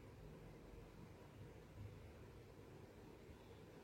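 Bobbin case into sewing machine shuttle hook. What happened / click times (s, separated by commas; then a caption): The part is being handled but has not locked in yet; no seating click / none. A bobbin case is handled at a sewing machine's shuttle hook before being thumb-pressed in until it locks. Only a steady low broadband hum is heard, with no distinct click, and someone talks. The bobbin case has not yet seated or clicked into the hook.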